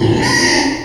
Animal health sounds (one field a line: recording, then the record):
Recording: squeal of a Yucatan mini pig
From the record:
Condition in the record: before surgery on the right vocal fold (resection and tissue-engineered implant)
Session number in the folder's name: 2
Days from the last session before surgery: 0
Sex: male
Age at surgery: 12 weeks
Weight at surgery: 13 kg